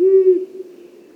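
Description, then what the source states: Long-eared Owl giving a single low, steady hoot that fades out quickly, with nothing else heard. Long-eared owls fly at night.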